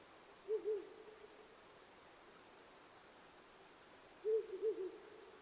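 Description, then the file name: Owl hooting: a quick pair of low hoots, then a short phrase of a few hoots about four seconds later, over a steady soft hiss. Recorded 9 May 2009 at 19:10. "fukurou-20090509-1910"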